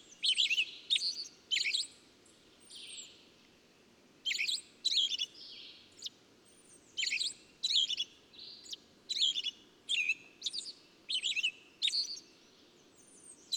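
Bird: high twittering song in dense bursts of chirps, steady phrases separated by short gaps, with a soft low background hiss beneath.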